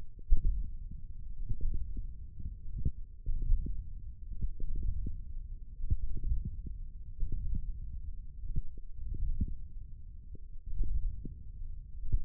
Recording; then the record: forearm muscle sounds (acoustic myography)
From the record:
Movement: hook grip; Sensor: system 1, eight BSWA MPA416 microphones around the upper forearm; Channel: 2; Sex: male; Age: 20 years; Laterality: left